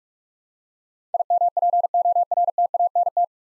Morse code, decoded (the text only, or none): IMPORTANT